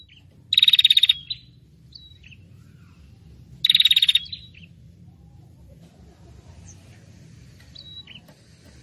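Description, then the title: Prinia giving two brief, high rattling bursts about three seconds apart, followed by quiet scattered thin notes. Prinia noisy call ('prenjak ribut') used as a lure for trapping prinias, aimed at 'prenjak kepala merah' and 'prenjak tamu'. "Suara Prenjak Ribut Pikat Burung Prenjak Kepala Merah Prenjak Tamu"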